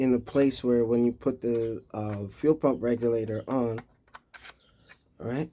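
Someone talks while handling a fuel pressure regulator at a motorcycle fuel pump assembly during reassembly, with a few faint handling noises in a pause around 4 seconds before the talking resumes. The regulator has not yet snapped into the pump assembly, and nothing has seated or clicked yet.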